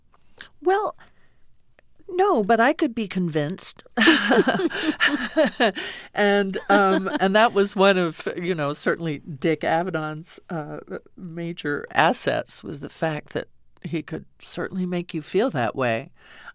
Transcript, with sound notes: Well, no, but I could be convinced.
(LAUGHTER)
And that was one of, you know, certainly Dick Avedon's major assets was the fact that he could certainly make you feel that way.